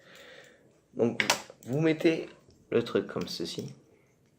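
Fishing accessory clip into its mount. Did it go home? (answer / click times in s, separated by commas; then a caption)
no / none. A fishing accessory clip is handled and fitted toward its mount while unboxing carp fishing gear, with faint low handling noise at the start and someone talking over most of the clip. Nothing has seated or clicked yet; the clip ends just before the part goes home.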